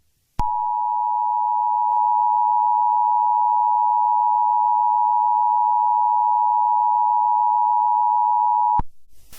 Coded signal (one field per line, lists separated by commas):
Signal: Emergency Alert System (SAME) tones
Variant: 853 and 960 Hz attention tone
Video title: L O O K U P - EAS Mock